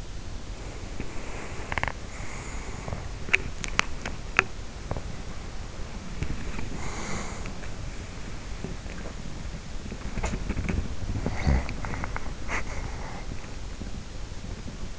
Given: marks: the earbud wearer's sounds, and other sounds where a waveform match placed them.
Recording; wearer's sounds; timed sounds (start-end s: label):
sounds in sleep by an in-ear microphone; body movement, snoring breath
0.17-14.99 s: body movement
11.29-11.88 s: snoring breath